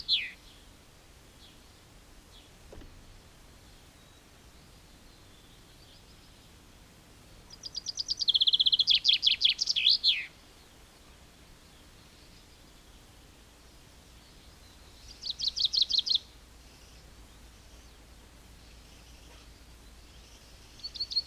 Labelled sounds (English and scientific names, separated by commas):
Common Chaffinch (Fringilla coelebs) song